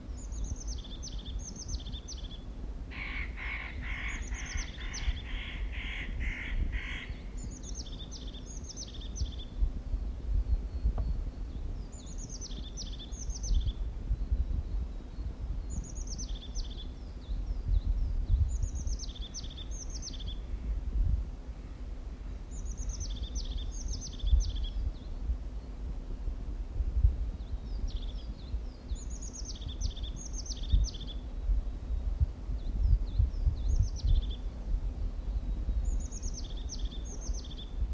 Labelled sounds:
European Crested Tit
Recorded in the wild
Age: adult
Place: Kärnten, AT
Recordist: Brunner, Thomas
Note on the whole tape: Aufnahme im Mirnockgebiet, Kärnten, Nazl Hütte

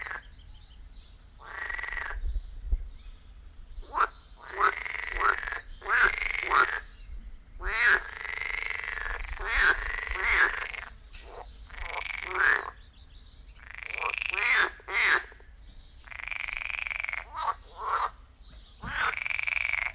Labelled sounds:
Edible Frog call
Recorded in the wild
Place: Lübars, Benekendorffstraße, Berlin, DE
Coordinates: 52.6167, 13.3469
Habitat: Gartenteich
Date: 1998-05-10 11:50
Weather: heiter, 25°C
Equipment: Sony MD-WM MZ-R3, Sennheiser MKH 416 T, Kopie Uher 4000 Report Monitor
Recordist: Tembrock, Günter

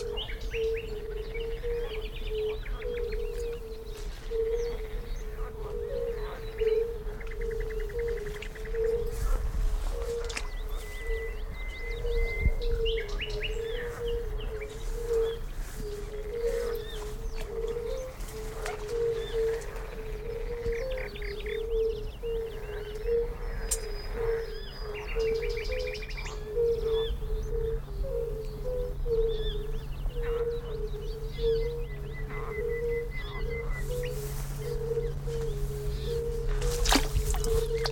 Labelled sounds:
Fire-Bellied Toad
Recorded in the wild
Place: Linum, Brandenburg, DE
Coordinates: 52.76, 12.88
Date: 1995-06-03 19:15
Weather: heiter, Luft 15,3°C, Wasser 18,5°C
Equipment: Marantz CP 430, Sennheiser ME 80, Kopie Uher 4000 Report Monitor
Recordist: Tembrock, Günter

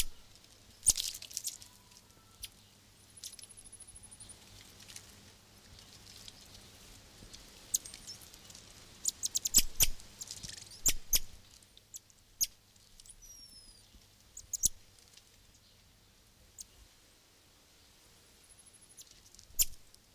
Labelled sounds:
Brown-mantled Tamarin
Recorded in captivity
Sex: group
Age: adult
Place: Zoo Halle, Sachsen-Anhalt, DE
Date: 2002-06-17 16:30
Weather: sonnig, 27°C
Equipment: Nagra SN, Kopie Uher 4000 Report Monitor
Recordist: Tembrock, Günter
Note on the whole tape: Zahlreiche Tiere in der betretbaren Anlage (Entfernung 20 - 30 cm): diverse Laute auf Beobachter bzw. Mikrofon bezogen. Gute Aufnahmequalität

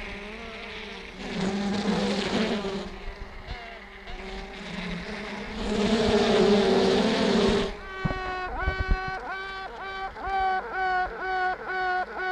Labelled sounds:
Honey Bee
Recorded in captivity
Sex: female
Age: imago
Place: Zoologisches Institut der HUB, Berlin, DE
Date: 1964-06-16 19:30
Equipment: BG 26/1, Grundig-Mikrofon
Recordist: Tembrock, Günter
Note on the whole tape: "Tüten" vornehmlich von einer Königin. Ca. 2 bis 3 Tage alt, in Weichselkästchen mit einigen Arbeiterinnen. Mehrere Kästchen stehen nebeneinander. Mitunter auch andere Königinnen zu hören (verschiedene Klangfarbe). Abstand ca. 5 cm. Zimmer 32. Band ununterbrochen auf Aufnahme durchgelaufen vor dem Kästchen mit der aktivsten Königin

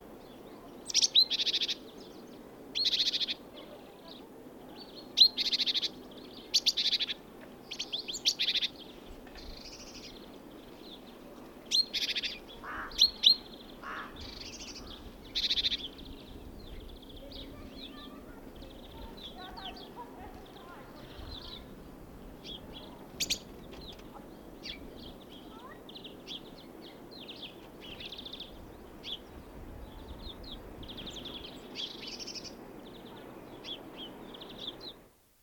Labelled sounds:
Great Tit call
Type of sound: call
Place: Bergen, Insel Rügen, Mecklenburg-Vorpommern, DE
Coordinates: 54.415, 13.426
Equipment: Nagra III BH, Sennheiser MD 21
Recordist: Schubert, Michael
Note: Kohlmeise inpiziert diesen Käfig (Lockbauer)

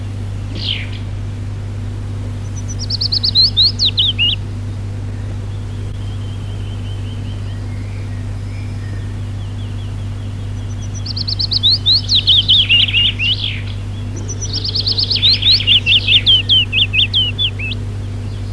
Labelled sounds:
Willow Warbler song
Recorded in the wild
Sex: male
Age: adult
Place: Przytocko, Pomorskie, PL
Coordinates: 54.1211, 16.8428
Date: 1965-07-05 06:40
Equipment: Grundig TK 4, BG 20/6 - 19 cm/s
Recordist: Schubert, Michael

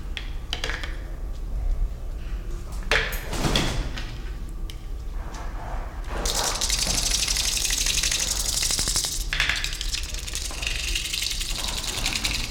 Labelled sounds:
White-crowned Hornbill
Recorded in captivity
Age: adult
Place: Zoo Berlin, Berlin, DE
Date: 1993-01-01
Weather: sonnig, -6°C
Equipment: Marantz CP 430, Sennheiser ME 80, Kopie Uher Variocord 263
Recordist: Tembrock, Günter

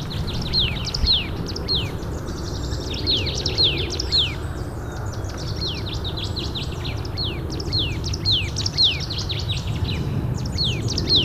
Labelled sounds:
Marsh Tit song
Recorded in the wild
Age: adult
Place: Schönow, Naturpark Barnim, Brandenburg, DE
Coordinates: 52.6808, 13.5025
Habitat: decidous forest
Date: 2014-03-02
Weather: sunny, 2-3°C, almost no wind
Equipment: Sound Devices 702, Sennheiser MKH 70, Rycote Windschutz
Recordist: Frommolt, Karl-Heinz

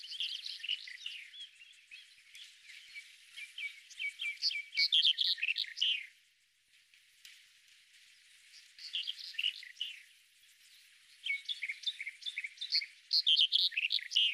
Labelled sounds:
Red-headed Bunting song
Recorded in the wild
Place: Beldersai, UZ
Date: 2001-05-25
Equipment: MiniDisc Sharp MT 20 H
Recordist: Schwarz, Dieter

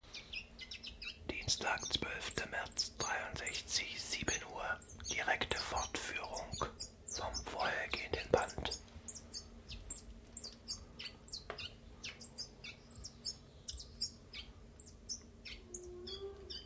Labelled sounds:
Common Chiffchaff
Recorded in captivity
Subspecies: collybita
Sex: male
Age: adult
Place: Zoologisches Institut Universität Tübingen, Baden-Württemberg, DE
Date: 1963-03-12
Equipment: LGS26
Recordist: Schneider, Hans-Joachim
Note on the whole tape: Rivalengesänge. Ein Paar (Männchen: blau gelb/gelb, im Verlauf der Aufnahme als A bezeichnet, Weibchen: blau gelb/grün, im Verlauf der Aufnahme als B bezeichnet). Es stellt sich heraus, dass es sich bei dem Paar um zwei Männchen handelt. MaAs: M.Sch

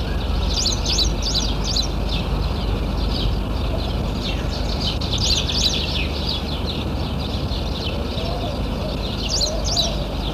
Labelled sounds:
Rock Sparrow call
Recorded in the wild
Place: Kiten, Burgas, BG
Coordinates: 42.2333, 27.7667
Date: 1968-06-04
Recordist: Stiefel, Arnd
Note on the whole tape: Rufe eines Steinsperlings

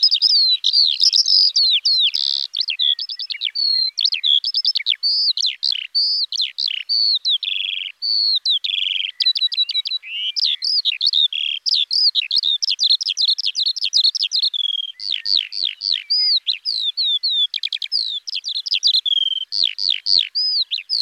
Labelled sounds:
Eurasian Skylark song
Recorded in the wild
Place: Merdingen am Kaiserstuhl, Baden-Württemberg, DE
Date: 2004-06-06
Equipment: MiniDisc Sharp MT 20 H, Telinga DAT, Telinga-Parabolspiegel
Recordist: Schwarz, Dieter

